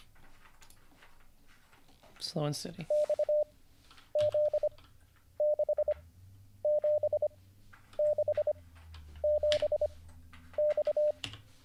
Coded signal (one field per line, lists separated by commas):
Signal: Morse code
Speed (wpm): 25 wpm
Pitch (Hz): 600 Hz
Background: speech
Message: TXZ6767X